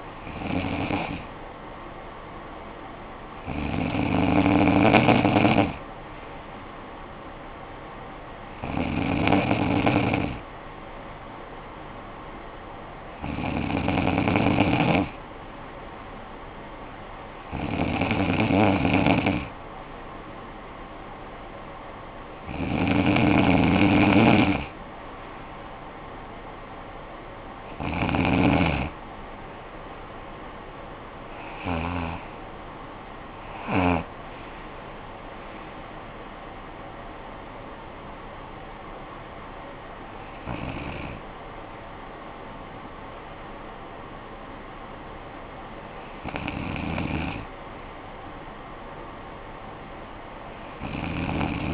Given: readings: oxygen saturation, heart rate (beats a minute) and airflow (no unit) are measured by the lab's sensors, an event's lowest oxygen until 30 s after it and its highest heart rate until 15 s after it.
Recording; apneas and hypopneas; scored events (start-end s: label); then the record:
breathing in sleep by a voice recorder at the bedside; none
6.00-36.00 s: new sleep stage, N3 (deep sleep)
36.00-51.74 s: new sleep stage, N2 (light sleep)
From the record:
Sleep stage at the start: N2 (light sleep); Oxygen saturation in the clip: 94 to 95%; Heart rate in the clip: 50 to 70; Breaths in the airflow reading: 10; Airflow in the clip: -12.6 to 9.1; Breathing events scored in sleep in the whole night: 445 in 7.6 hours asleep